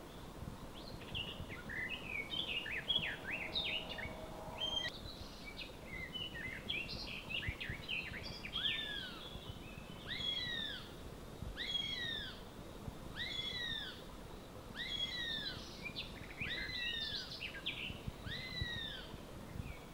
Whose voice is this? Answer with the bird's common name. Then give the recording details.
Garden Warbler. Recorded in the wild. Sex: male. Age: adult. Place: Ossiach, Ossiacher See, Kärnten, AT. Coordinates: 46.6763, 13.9632. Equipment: Hornyphon Bandgerät, Phillips Mikrofon Type EL 6020, Kopie DAT. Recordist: Brunner, Thomas